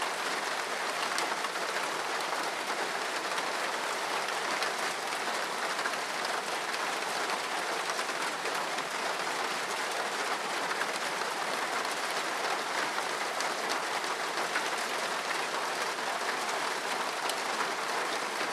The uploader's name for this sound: Rain on Roof With Thunder Sounds